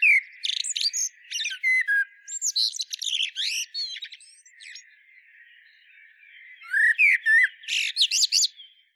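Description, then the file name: Common blackbird singing a long, busy phrase of mellow whistles mixed with high squeaky notes, a pause, then a second shorter warbled phrase. "Turdus merula"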